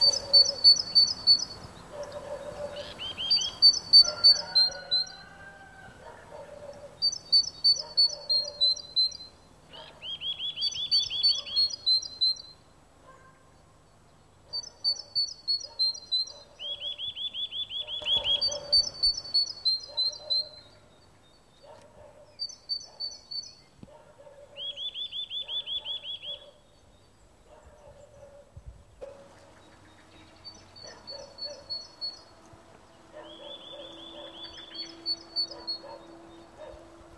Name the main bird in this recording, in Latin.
Parus major